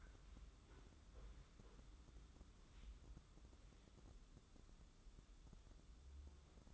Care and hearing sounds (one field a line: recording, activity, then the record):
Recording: daily activity, microphone in the room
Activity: wipe stove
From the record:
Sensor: 3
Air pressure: 996.1 hPa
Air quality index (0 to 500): 92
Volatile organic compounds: 11 ppm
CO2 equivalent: 2298 ppm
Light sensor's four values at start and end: 27/82/34/29 and 27/82/34/29